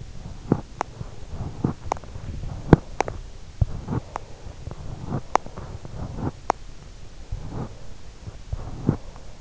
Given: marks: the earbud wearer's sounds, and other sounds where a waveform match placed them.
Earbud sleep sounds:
sounds in sleep by an in-ear microphone; breath
0.29-1.04 s: breath
3.79-4.56 s: breath
7.24-9.41 s: breath

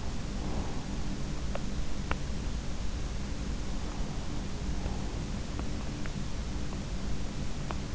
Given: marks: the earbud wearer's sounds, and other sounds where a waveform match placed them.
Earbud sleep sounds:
sounds in sleep by an in-ear microphone; teeth grinding
1.88-2.41 s: teeth grinding
7.47-7.95 s: teeth grinding

